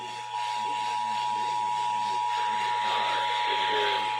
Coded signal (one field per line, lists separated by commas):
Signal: Emergency Alert System (SAME) tones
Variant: 853 and 960 Hz attention tone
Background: speech